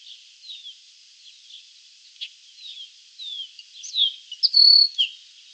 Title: LuckyPassaro Completos2Sama. Baywing (Agelaioides badius)